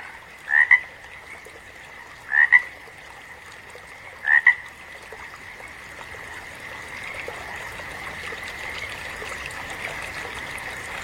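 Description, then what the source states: Frog croaks, three short double-pulsed calls about two seconds apart over a steady background chorus hum. Frogs at a river, nature sounds.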